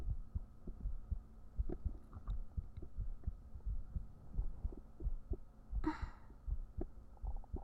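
Low heartbeat thumps, about 87 a minute, under a faint hum, with one brief breathy burst.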